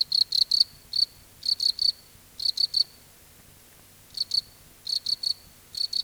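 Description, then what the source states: Cricket chirping in quick clusters of one to three bright, high pulses, with a longer silent stretch in the middle before the chirps return. Crickets at night in a field.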